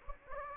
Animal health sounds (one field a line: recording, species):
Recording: mosquito wingbeat signal from an infrared sensor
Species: Anopheles gambiae